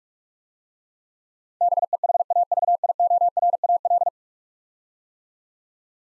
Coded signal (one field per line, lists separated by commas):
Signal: Morse code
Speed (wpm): 43 wpm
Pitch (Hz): 700 Hz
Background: none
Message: BEHAVIORAL